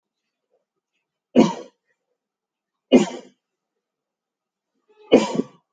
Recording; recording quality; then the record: heavy voluntary cough; excellent, no background noise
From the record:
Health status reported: healthy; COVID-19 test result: not tested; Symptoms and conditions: none ticked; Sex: male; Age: 30 years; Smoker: not ticked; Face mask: not worn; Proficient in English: yes